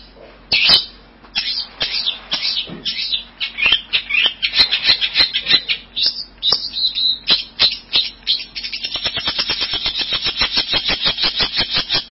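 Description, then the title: Bird calls: dense, harsh high chirps that run together, then settle into a fast, even train of short notes toward the end. "burung online"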